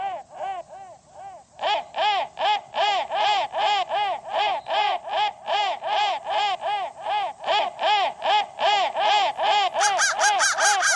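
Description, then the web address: Crow giving steady repeated calls, each a short arched nasal note at about two and a half per second, starting sparse and then running on evenly. "soundfactory crow"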